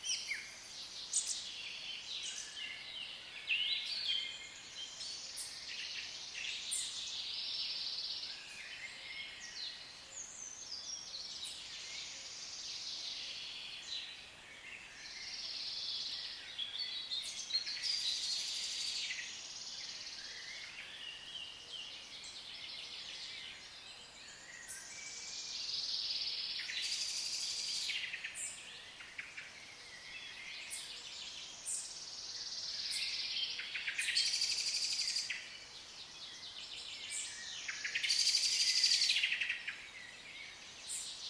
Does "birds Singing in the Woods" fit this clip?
yes